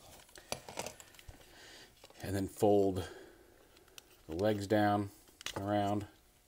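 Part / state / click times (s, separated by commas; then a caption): plastic toy leg into body clip / not seated / none. Someone talks while handling the plastic legs of a Haslab Transformers: Legacy Commander Class Victory Saber transforming toy, folding them down around the body toward a body clip. Short plastic taps and rustles come early and again near the end. Nothing has clipped into place yet.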